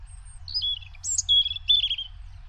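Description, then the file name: European robin song, a faint high note followed by a run of clear whistles and jangling, slurred trills that rise and fall, with soft low hum behind. "Rouge gorge"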